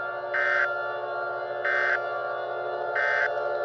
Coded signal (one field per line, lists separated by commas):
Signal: Emergency Alert System (SAME) tones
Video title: (OLD) Fires From Heaven 2: John's Comet (EAS Valentine's Day Special)